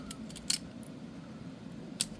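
During reassembly of an Anschutz 54 Match 1400 Series rifle bolt, with the firing pin back in its slot, a metal collar is pushed back onto the rear of the bolt. Two sharp clicks ring out at 0.5 s and 2.0 s over a low background hum, with a few fainter ticks before the first. The collar seats back on with the two clicks.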